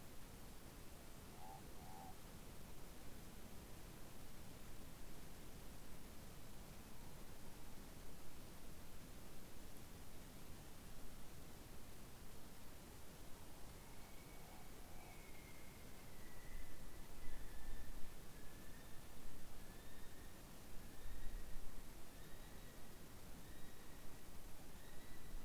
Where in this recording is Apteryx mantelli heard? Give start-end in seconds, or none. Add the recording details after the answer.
13.58-25.45. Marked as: faintness 3/5. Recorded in New Zealand on 7 November 2014. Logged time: 22:14. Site CJ68